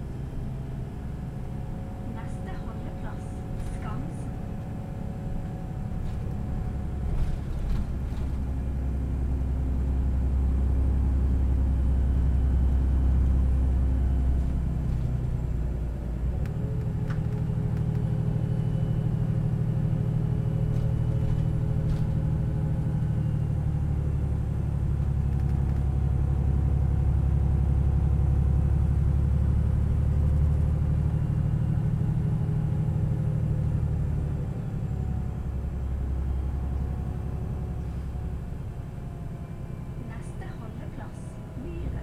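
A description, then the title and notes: A bus rides along with a deep, steady engine rumble that rises and falls as it speeds up, with occasional faint clicks and voices. I take the bus to work a lot, and this is a part of that short journey.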